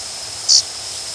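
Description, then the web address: Blue grosbeak call: one sharp, metallic chip, very brief and high-pitched, standing out from a steady background hiss. "grosbeak"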